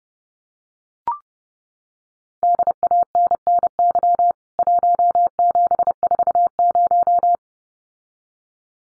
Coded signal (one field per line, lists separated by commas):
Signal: Morse code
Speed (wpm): 30 wpm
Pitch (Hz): 700 Hz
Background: none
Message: DANNY 1740